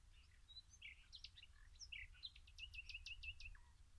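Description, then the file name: Common nightingale song: varied chirps and short slurred notes leading into a rapid string of repeated clicking whistles, over a low rumble. "Luscinia megarhynchos"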